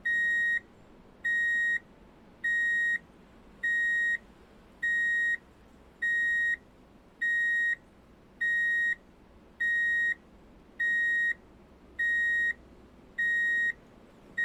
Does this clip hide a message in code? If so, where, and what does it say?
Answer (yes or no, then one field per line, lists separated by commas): no